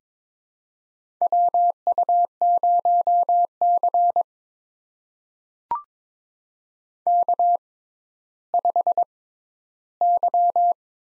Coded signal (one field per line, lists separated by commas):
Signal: Morse code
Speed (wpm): 22 wpm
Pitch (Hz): 700 Hz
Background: none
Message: WU0C K5Y